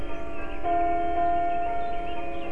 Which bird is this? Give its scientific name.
Sylvia atricapilla